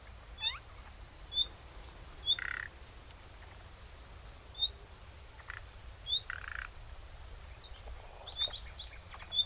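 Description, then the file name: Common nightingale calling: thin, sharp rising whistles repeated at irregular intervals, broken by two harsh, rasping notes, with low rumbling background noise throughout. "Luscinia megarhynchos"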